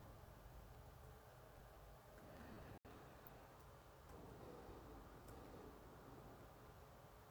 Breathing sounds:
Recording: nose breathing near a microphone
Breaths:
0.00-0.92 s: exhalation
2.06-5.17 s: inhalation
5.17-7.31 s: exhalation
From the record:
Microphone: phone

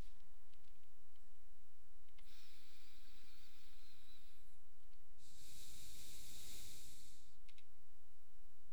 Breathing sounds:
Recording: nose breathing near a microphone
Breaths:
2.09-4.84 s: inhalation
4.84-7.49 s: exhalation
From the record:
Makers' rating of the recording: medium

